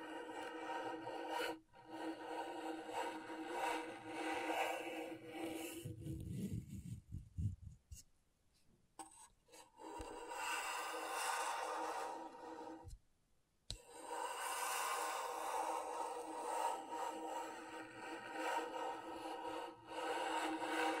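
Scratchboard being scraped in long rasping strokes, dense and scratchy, broken by brief silences near seven and thirteen seconds, with some low thumps.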